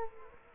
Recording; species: mosquito wingbeat signal from an infrared sensor; Culex quinquefasciatus